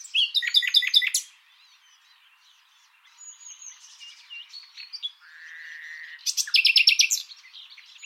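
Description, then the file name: Common nightingale song: loud rapid rattling phrase, quiet varied notes, a steady drawn-out whistle, then another intense burst of fast repeated notes. "Luscinia megarhynchos"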